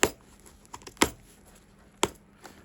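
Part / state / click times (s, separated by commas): helmet cheek pad plastic clips in the helmet shell / released / 0.0 s, 1.0 s, 2.0 s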